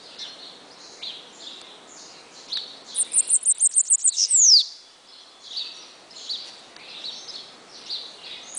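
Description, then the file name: Bananaquit song, a rapid run of high sibilant ticks closing with a falling buzzy slur, amid busy chirping of other small birds before and after. "Cambacica"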